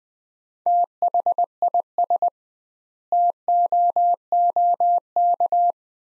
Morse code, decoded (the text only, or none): THIS TOOK